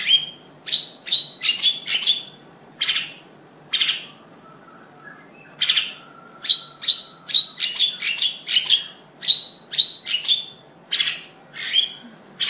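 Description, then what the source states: Long-tailed shrike delivering bursts of harsh chattering notes mixed with short whistled tones in quick runs, broken by brief gaps. Combination song style (kicau kombinasi).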